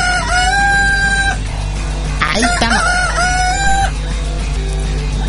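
A rooster crows twice, each call a long, loud, wavering cry, with a burst of excited clucking between them over a steady low hum.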